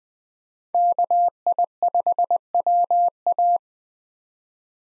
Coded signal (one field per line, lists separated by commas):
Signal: Morse code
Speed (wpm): 20 wpm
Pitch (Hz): 700 Hz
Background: none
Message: KI5WA